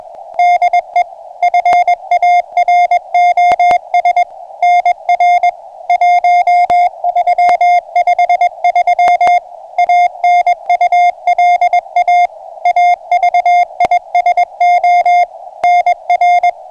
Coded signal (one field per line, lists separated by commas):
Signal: Morse code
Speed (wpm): 22 wpm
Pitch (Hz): 710 Hz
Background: radio noise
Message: DE FAROS NR 1353 ANULA AVISO NR